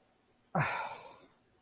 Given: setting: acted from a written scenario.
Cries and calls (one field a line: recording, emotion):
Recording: vocal sound without words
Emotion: shame